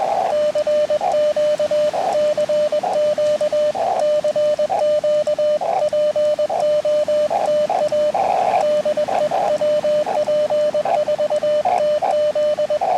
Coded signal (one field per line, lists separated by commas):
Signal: Morse code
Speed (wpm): 21 wpm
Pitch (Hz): 600 Hz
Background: radio noise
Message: CQ CQ CQ POTA DE WP4TZ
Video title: New Park CW Morse Code POTA Activation